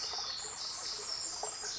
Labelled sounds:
Pacific Wren
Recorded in Sonoma County, California

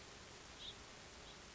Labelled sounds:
House Finch
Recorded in Sonoma County, California

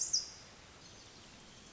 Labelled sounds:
Pacific Wren
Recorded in Sonoma County, California

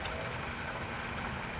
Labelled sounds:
California Towhee
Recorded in Sonoma County, California

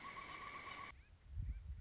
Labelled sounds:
Pileated Woodpecker
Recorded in Sonoma County, California

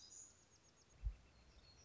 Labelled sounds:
Black-throated Gray Warbler
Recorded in Sonoma County, California

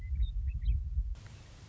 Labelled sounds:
Western Meadowlark
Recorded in Sonoma County, California

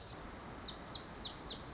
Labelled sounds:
Lazuli Bunting
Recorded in Sonoma County, California

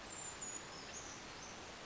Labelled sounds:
Brown Creeper
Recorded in Sonoma County, California

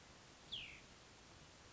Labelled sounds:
Cassin's Vireo
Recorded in Sonoma County, California

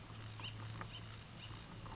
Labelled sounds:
Acorn Woodpecker
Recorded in Sonoma County, California

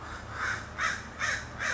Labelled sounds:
American Crow
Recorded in Sonoma County, California

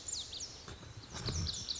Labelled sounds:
Lazuli Bunting
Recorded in Sonoma County, California

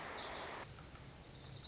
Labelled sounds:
Lazuli Bunting
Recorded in Sonoma County, California

